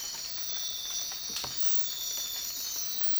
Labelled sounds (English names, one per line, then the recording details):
none
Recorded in dense forest near Puerto Asís, Putumayo, Colombia, on 19 March 2025 at 04:30
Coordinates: 0.503, -76.323
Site GP09